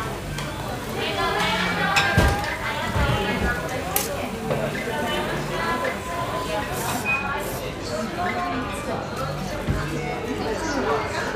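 A busy sushi restaurant, dense overlapping chatter filling the room steadily, with clinks and knocks of dishes near two, four and ten seconds.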